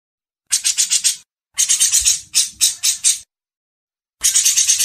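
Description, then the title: Grey-cheeked bulbul calling in short clusters of harsh, fast-pulsed high notes, separated by short pauses. Masteran recording: training audio for songbirds. "MASTERAN CUCAK JENGGOT"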